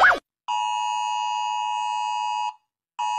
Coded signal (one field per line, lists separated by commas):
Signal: Emergency Alert System (SAME) tones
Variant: 853 and 960 Hz attention tone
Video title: 10 minutes and 22 seconds of Animated EAS alarm